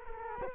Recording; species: mosquito wingbeat signal from an infrared sensor; Culex quinquefasciatus